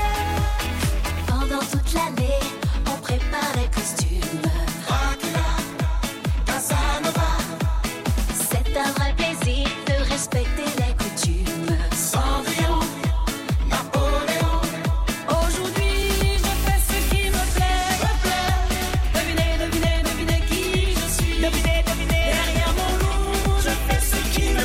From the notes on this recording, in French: une soirée de vendredi vraiment sympa au bowling st savin